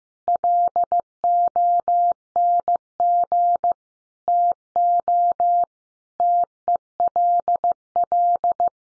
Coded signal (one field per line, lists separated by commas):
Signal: Morse code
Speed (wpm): 15 wpm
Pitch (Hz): 700 Hz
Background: none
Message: LONG TO TELL